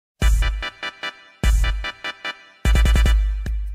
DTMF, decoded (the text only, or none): none